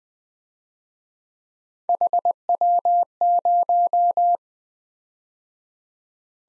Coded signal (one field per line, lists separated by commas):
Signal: Morse code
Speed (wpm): 20 wpm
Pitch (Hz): 700 Hz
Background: none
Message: HW0